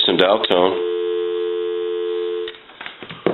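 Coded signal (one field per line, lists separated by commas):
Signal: telephone call progress tone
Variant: North America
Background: speech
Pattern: dial tone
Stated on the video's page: Heard on an AE 3-slot payphone, converted, during initial checkout and repair.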